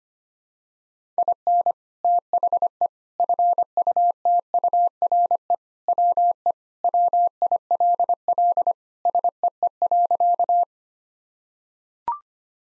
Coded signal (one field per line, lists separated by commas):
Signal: Morse code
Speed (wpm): 25 wpm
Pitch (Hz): 700 Hz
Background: none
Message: IN THE FUTURE WE WILL SEE.